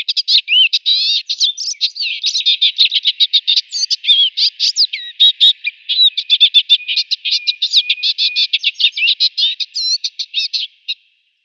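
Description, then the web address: Western olivaceous warbler song: a rapid, unbroken babble of harsh and sweet high notes that keeps going for about eleven seconds, then stops abruptly. "Schulze Peter Western Olivaceous Warbler song"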